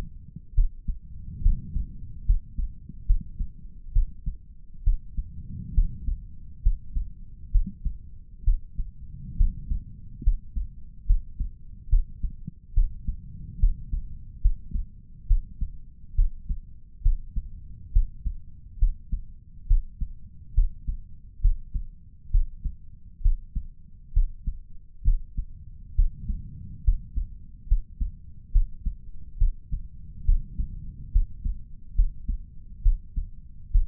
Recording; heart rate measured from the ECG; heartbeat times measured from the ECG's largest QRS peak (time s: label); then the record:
heart sounds by stethoscope; 69 bpm
0.54 s: heartbeat
1.42 s: heartbeat
2.25 s: heartbeat
3.06 s: heartbeat
3.92 s: heartbeat
4.83 s: heartbeat
5.74 s: heartbeat
6.62 s: heartbeat
7.51 s: heartbeat
8.44 s: heartbeat
9.37 s: heartbeat
10.23 s: heartbeat
11.06 s: heartbeat
11.89 s: heartbeat
12.74 s: heartbeat
13.59 s: heartbeat
14.41 s: heartbeat
15.27 s: heartbeat
16.15 s: heartbeat
17.02 s: heartbeat
17.92 s: heartbeat
18.79 s: heartbeat
19.67 s: heartbeat
20.54 s: heartbeat
21.41 s: heartbeat
22.31 s: heartbeat
23.22 s: heartbeat
24.13 s: heartbeat
25.04 s: heartbeat
25.95 s: heartbeat
26.84 s: heartbeat
27.67 s: heartbeat
28.52 s: heartbeat
29.38 s: heartbeat
30.25 s: heartbeat
31.12 s: heartbeat
31.95 s: heartbeat
32.82 s: heartbeat
33.71 s: heartbeat
From the record:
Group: healthy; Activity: rest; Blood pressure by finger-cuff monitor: 126/77 mmHg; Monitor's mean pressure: 96 mmHg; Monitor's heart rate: 69 bpm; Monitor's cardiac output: 5.5 L/min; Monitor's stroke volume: 81 mL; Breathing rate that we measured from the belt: 15 breaths a minute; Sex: male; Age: 35 years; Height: 178 cm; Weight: 64 kg